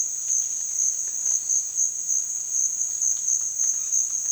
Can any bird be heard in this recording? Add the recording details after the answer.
no. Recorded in dense forest near Puerto Asís, Putumayo, Colombia, on 25 June 2025 at 15:30. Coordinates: 0.466, -76.327. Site GP04